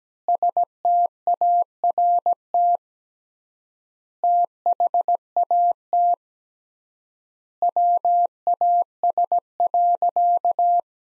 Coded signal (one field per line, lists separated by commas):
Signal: Morse code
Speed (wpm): 17 wpm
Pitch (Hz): 700 Hz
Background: none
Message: START THAT WAS.